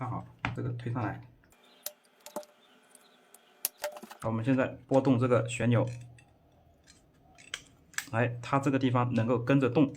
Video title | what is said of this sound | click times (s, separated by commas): 东成锂电锤异响维修（广西钦州）#东成 #电锤 | 哎，这个就没有问题了，就卡上了，就说明我们的档位可以正常的切换。 | 7.5 s, 8.0 s